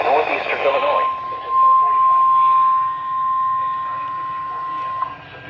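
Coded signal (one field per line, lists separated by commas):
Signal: Emergency Alert System (SAME) tones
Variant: 1050 Hz attention tone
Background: speech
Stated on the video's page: Received from NOAA weather radio stations on 162.525, 162.475, 162.425, 162.500 and 162.550 MHz in Illinois.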